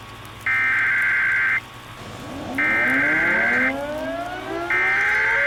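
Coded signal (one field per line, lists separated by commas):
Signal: Emergency Alert System (SAME) tones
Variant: header bursts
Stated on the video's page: Fictional EAS scenario recreation about a nuclear plant incident.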